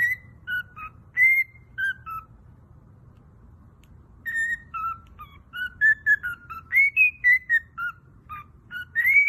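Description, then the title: Cockatiel whistling in separate short clear notes, sliding up and down, with a quiet gap in the middle before a denser burst of whistles. Several cockatiels whistling. "Calopsitas Cantando Assobio"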